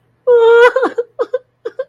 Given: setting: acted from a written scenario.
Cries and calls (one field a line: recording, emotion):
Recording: vocal sound without words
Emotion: sadness